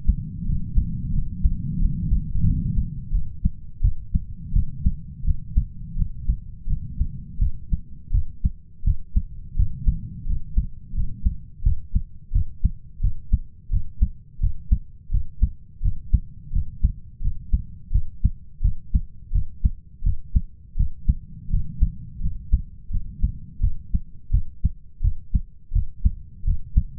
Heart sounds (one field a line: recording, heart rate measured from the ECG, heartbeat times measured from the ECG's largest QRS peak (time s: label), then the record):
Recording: heart sounds by stethoscope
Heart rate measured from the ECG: 85 bpm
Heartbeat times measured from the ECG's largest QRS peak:
0.45 s: heartbeat
1.12 s: heartbeat
1.79 s: heartbeat
2.44 s: heartbeat
3.11 s: heartbeat
3.81 s: heartbeat
4.52 s: heartbeat
5.24 s: heartbeat
5.96 s: heartbeat
6.67 s: heartbeat
7.39 s: heartbeat
8.11 s: heartbeat
8.84 s: heartbeat
9.56 s: heartbeat
10.26 s: heartbeat
10.94 s: heartbeat
11.63 s: heartbeat
12.32 s: heartbeat
13.01 s: heartbeat
13.70 s: heartbeat
14.40 s: heartbeat
15.11 s: heartbeat
15.81 s: heartbeat
16.52 s: heartbeat
17.21 s: heartbeat
17.91 s: heartbeat
18.61 s: heartbeat
19.32 s: heartbeat
20.03 s: heartbeat
20.76 s: heartbeat
21.49 s: heartbeat
22.20 s: heartbeat
22.90 s: heartbeat
23.60 s: heartbeat
24.31 s: heartbeat
25.01 s: heartbeat
25.72 s: heartbeat
26.44 s: heartbeat
From the record:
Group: healthy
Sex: male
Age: 33 years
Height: 179 cm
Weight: 80.4 kg